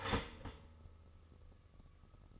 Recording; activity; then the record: daily activity, microphone in the room; start toaster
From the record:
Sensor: 4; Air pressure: 1008.0 hPa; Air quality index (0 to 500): 104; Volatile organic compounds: 1 ppm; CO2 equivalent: 772 ppm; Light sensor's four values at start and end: 8/19/7/7 and 9/19/8/8